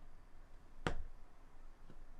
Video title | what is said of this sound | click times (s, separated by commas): LEGO Christmas Wreath Real Time Build - Part 1 - 4K | oh that one wasn't satisfying maybe didn't snap together properly | 0.9 s